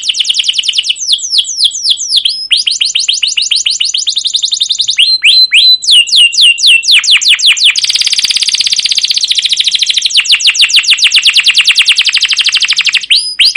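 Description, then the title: Canary song with varied sweeping chirps and rapid trills, moving into a long, dense buzzy roll. Canary song with long rolling trills (cuit cuit ngerol), described as gacor, used as a lure (pancingan) master recording to train other canaries to sing. "CUIT CUIT NGEROL LANGSUNG GACOR PANJANG Kenari Ini Utk Pancingan KENAR. Masteran Suara Burung Kenari Gacor Panjang cuit cuit Ngerol untuk Pancingan Kenari!"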